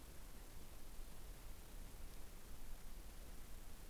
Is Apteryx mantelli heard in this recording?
no